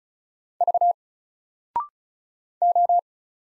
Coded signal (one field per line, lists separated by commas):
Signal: Morse code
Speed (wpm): 35 wpm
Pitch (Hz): 700 Hz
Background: none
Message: V O